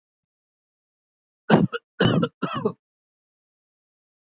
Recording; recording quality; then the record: heavy voluntary cough; excellent, no background noise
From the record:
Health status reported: healthy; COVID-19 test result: not tested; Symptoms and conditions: cold, fatigue, muscle pain, loss of smell and taste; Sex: male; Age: 39 years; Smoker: not ticked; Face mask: not worn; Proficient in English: yes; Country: India